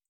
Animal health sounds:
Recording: hydrophone in a shrimp aquaculture tank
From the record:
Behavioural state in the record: feeding

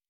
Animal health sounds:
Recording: hydrophone in a shrimp aquaculture tank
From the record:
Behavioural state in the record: normal

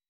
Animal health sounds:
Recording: hydrophone in a shrimp aquaculture tank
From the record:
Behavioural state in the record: weakened

